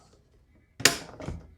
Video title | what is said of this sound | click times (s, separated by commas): 2011-2015 Hyundai Sonata lock actuator, door handle, window replacement | It snaps right in. | 0.9 s